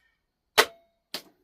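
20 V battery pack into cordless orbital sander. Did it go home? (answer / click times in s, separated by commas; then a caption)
yes / 0.6 s, 1.1 s. A 20 V slide-on lithium battery pack is pushed onto the base of a Parkside cordless orbital sander, giving a sharp, bright click at 0.6 s and a second, quieter click at 1.1 s as its latch engages. The battery is seated all the way on.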